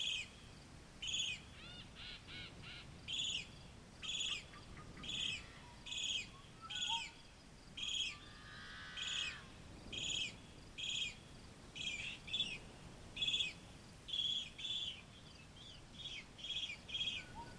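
Yellow-headed blackbirds call in quick, repeated bright chirps and short buzzy bursts over a low steady rumble, with a longer raspy note near nine seconds.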